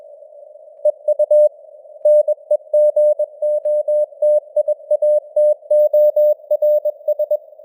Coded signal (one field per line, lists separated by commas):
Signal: Morse code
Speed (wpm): 21 wpm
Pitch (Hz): 600 Hz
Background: none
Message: EU NEGOTIATORS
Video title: Morse Code News | 2025-11-04 | 21wpm